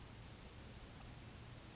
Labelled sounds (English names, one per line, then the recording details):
California Towhee
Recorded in Sonoma County, California